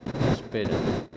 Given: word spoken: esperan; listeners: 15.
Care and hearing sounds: one Spanish word in noise, from a listening test; noise modulated by one talker; -7.4 dB; 2 of 15; 8 of 15; 0.76 s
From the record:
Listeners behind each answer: 8, 3, 2, 1, 1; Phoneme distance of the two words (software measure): 7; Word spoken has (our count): 3 syllables, 7 phonemes, stress on syllable 2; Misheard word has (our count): 3 syllables, 6 phonemes, stress on syllable 2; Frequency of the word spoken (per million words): 25.85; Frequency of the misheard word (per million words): 123.55

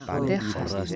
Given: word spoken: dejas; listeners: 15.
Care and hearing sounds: one Spanish word in noise, from a listening test; four-talker babble; -1.3 dB; 1 of 15; 6 of 15; 0.56 s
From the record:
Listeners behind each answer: 6, 4, 1, 1, 1, 1, 1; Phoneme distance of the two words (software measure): 10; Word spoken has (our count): 2 syllables, 5 phonemes, stress on syllable 1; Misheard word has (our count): 2 syllables, 5 phonemes, stress on syllable 1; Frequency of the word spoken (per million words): 5.08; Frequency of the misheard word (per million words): 3.53

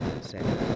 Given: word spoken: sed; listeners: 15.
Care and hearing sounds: one Spanish word in noise, from a listening test; noise modulated by one talker; -11.6 dB; 0 of 15; 8 of 15; 0.36 s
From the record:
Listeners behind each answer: 8, 3, 1, 1, 1, 1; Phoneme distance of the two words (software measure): 10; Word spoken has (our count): 1 syllable, 3 phonemes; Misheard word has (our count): 1 syllable, 3 phonemes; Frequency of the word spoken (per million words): 13.69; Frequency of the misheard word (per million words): 1526.78

